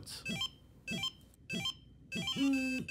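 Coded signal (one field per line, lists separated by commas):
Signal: none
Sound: device status beeps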